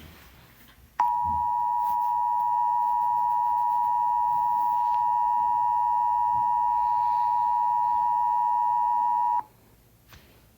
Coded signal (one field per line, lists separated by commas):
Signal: Emergency Alert System (SAME) tones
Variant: 853 and 960 Hz attention tone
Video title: EAS Scenario #2 Sonic EXE Rampage 60 Subscribers Special